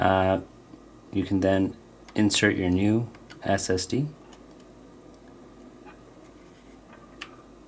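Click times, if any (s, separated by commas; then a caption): 7.2 s. Someone talks while a new M.2 SSD is pushed into the M.2 connector of a Surface Laptop Studio after the stock 256 drive has been removed. After a quiet stretch, a single sharp pop is heard at 7.2 s as the SSD seats in its slot.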